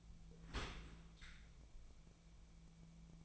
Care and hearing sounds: daily activity, microphone in the room; open dishwasher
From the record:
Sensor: 1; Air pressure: 1000.5 hPa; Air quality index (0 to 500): 183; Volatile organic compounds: 4 ppm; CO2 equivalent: 1681 ppm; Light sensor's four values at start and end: 13/31/13/15 and 12/31/13/14

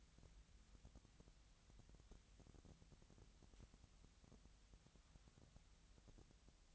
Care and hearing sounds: daily activity, microphone in the room; wipe stove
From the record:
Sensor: 3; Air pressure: 1003.3 hPa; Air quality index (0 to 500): 198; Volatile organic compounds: 6 ppm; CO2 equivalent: 1945 ppm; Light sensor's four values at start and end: 10/23/10/10 and 10/23/10/10

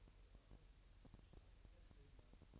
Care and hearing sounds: daily activity, microphone in the room; take from stove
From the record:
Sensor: 2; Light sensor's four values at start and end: 5/11/4/5 and 5/11/4/5

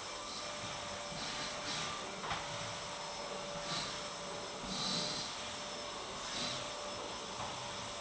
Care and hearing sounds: daily activity, microphone in the room; vacuum cleaning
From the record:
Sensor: 3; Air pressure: 1011.9 hPa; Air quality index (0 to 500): 236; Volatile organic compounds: 5 ppm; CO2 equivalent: 1750 ppm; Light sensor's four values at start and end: 9/22/9/9 and 9/22/9/8

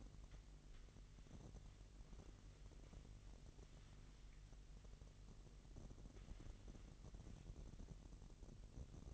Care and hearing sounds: daily activity, microphone in the room; wipe stove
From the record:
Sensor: 4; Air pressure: 1001.7 hPa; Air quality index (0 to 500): 248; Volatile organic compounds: 41 ppm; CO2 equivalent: 3158 ppm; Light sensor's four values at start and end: 8/19/7/6 and 8/18/7/6

